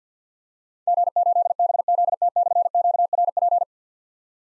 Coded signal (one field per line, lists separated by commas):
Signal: Morse code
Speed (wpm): 51 wpm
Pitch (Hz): 700 Hz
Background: none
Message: G8BZT/QRP